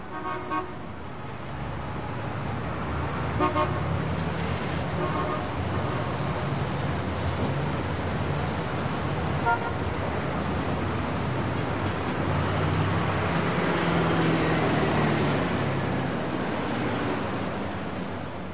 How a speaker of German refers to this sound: Vor dem Fenster von Marlins Büro rauscht der Verkehr vorbei.